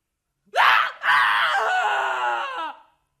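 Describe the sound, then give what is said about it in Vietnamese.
A loud, terrified scream in a hotel: a short, rising shriek breaks off, then a long, high, sustained cry follows for nearly two seconds before cutting out. No one talks. “Nhưng vừa bước đến bên giường, thì một tiếng hét kinh hoàng gần như có thể vang vọng khắp cả khách sạn cũng đã vang lên.”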